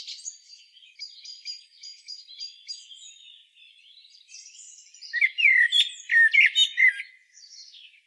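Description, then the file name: Eurasian blackbird giving a quick series of repeated high ticking notes, followed by a louder burst of rapid, scratchy chirps. "Turdus merula"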